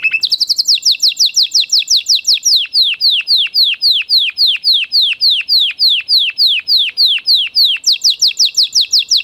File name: Canary Voice